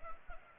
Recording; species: mosquito wingbeat signal from an infrared sensor; Culex pipiens